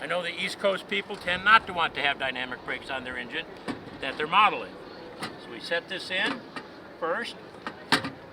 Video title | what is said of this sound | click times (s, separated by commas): Accucraft GP40 explained | it in and drop it straight down locks into place it's metal and | 7.7 s